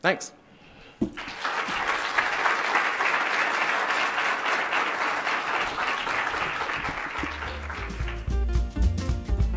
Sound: applause